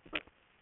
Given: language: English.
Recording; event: throat vibration sensor signal played as sound; swallow